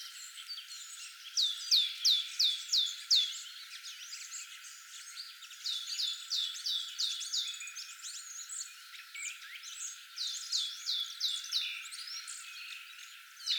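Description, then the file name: Great tit: three bursts of several sharp, high notes in quick succession, over a busy background of fainter chirps. "Parus major"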